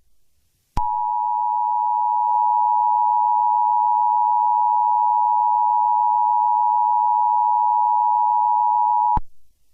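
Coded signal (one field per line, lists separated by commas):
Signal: Emergency Alert System (SAME) tones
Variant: 853 and 960 Hz attention tone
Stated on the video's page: Fictional EAS scenario; the alert tones are part of a simulated mock, not a real broadcast.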